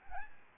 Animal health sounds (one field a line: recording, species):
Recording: mosquito wingbeat signal from an infrared sensor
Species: Aedes albopictus